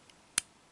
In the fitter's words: I get a nice click when you close it back up. See,